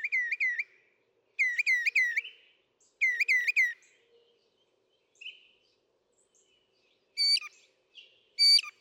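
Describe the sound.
Northern mockingbird song of melodic warbled phrases repeated three times, then sparse sharp high notes.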